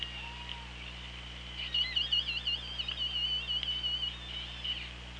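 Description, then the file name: Orca whistle: a wavering, rapidly undulating high tone with faint harmonics lasting about three seconds, preceded by a brief soft falling note, over steady low underwater hum. Underwater recording from the OrcaLab hydrophone on 24 August 2017 at 17:57:32. "Orca Lab UTLN JASON 20170824 175732"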